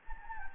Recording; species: mosquito wingbeat signal from an infrared sensor; Anopheles gambiae